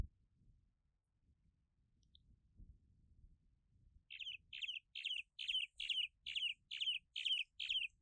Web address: Cuban martin. صدای-پرنده-چلچله-کوبایی